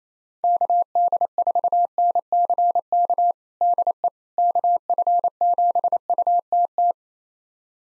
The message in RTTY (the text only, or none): none